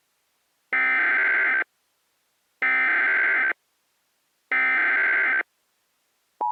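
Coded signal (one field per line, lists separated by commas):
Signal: Emergency Alert System (SAME) tones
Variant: header bursts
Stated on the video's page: Simulated EAS tones in a fictional hurricane scenario remaking an earlier scenario loosely based on Resident Evil 7.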